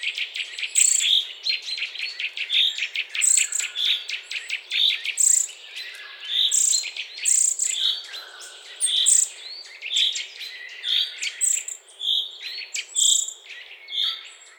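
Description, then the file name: Eurasian nuthatch giving regular piping whistles, about one per second, with high thin notes and constant chattering chirps. "Sitta europaea"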